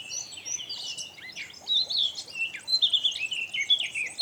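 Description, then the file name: Eurasian blackcap song in short bursts: quick slurred whistles and chirps, growing louder in the second half with bright fluting notes. "Sylvia atricapilla"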